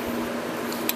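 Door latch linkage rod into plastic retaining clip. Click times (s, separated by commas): 0.9 s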